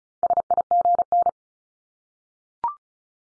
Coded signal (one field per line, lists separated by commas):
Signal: Morse code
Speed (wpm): 36 wpm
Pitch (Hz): 700 Hz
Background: none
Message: SIGN